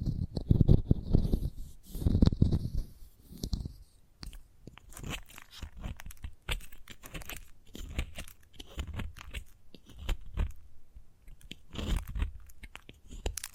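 Chalk being carved and scratched, starting with a few heavy crunching strokes, then turning into a dense, steady stream of crisp little scrapes and clicks.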